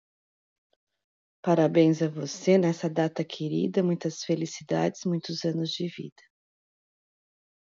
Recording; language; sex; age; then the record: short text; Brazilian Portuguese; female; 50 to 59 years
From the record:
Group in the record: control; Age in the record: 58 years